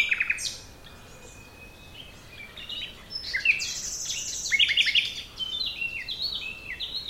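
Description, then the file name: Common nightingale song opening with a clipped stutter and a long thin whistle, followed by rapid varied chirps and short trills. "Luscinia megarhynchos"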